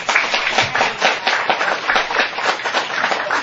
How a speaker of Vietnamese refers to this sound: Xin quý vị, nghĩa là cho họ một tràng pháo tay.